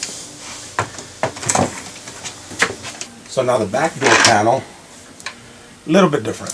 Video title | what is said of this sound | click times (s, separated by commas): How to remove door panels on a 2022 Mazda 3 Hatchback | snap it all back in click click click clip snaps right back in | 0.8 s, 1.2 s, 1.5 s